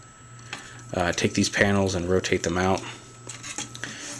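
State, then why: Seated. A plastic back piece of a transforming toy robot figure is pushed back up after its head is flipped up, and it clicks into place with a single short hit at 0.5 s. Someone talks, and a few light plastic taps and clicks from handling follow near the end.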